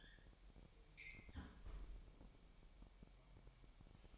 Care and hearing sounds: daily activity, microphone in the room; close fridge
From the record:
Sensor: 1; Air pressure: 1002.0 hPa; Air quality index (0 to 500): 244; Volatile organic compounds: 49 ppm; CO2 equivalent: 3286 ppm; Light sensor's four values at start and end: 8/28/10/11 and 8/28/10/11

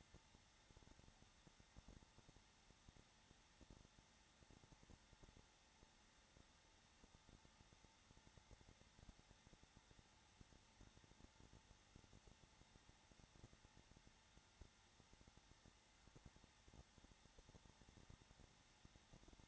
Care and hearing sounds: daily activity, microphone in the room; no activity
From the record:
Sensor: 3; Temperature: 21.3 degrees Celsius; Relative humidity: 33.3%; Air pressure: 994.5 hPa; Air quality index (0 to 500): 168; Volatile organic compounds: 3 ppm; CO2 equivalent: 1457 ppm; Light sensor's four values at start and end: 2/3/2/2 and 2/3/2/2

